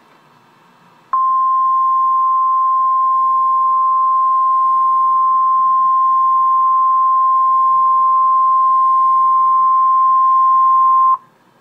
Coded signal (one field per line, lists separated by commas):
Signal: Emergency Alert System (SAME) tones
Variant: 1050 Hz attention tone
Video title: REAL EAS 1142-SVR